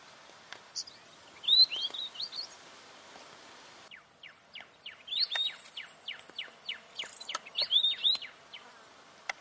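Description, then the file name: Weebill song: high twittering whistled phrases, joined midway by a steady run of quick, sharp descending chips. "canto do gerigono de bico curto"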